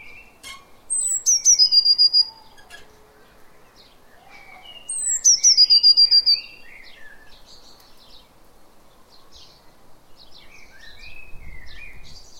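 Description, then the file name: Eurasian blue tit giving two high, thin phrases that run into a rapid trill, roughly four seconds apart, over a busy chorus of higher and lower chirping birds; a low rumble near the end. "Cyanistes caeruleus"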